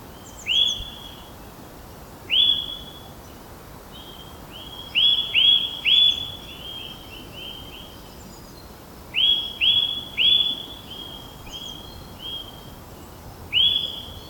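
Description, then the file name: Eurasian nuthatch calling with ringing whistled notes, delivered singly or in bursts of several, separated by pauses of one to three seconds; a low hiss underneath. "Sitta europaea"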